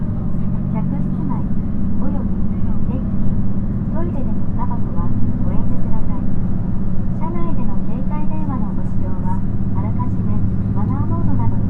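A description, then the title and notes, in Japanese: Inside a train travelling between Kotohira and Okayama, a steady low rumble of motion fills the whole clip without letting up. Passengers talk over it almost continuously, their voices rising and falling in short phrases throughout. JR四国 2700系気動車 南風20号 琴平から岡山まで。四国旅客鉄道2700系気動車の走行音です。今回は１回目で、琴平発車後から宇多津発車直後までです。琴平から岡山までの区間で録音しました。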